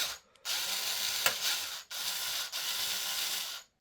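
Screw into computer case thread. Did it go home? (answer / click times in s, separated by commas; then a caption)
no / none. A screw is driven with a driver into the thread of a metal PC case while the build is being closed up. Three long bursts of steady ratcheting and grinding run from about 0.4 to 3.7 s, with a sharp tick near 1.3 s and faint taps at 0.4 s and 3.8 s. The case screw's thread strips while it is being tightened, so nothing seats, and it will have to be tightened by hand.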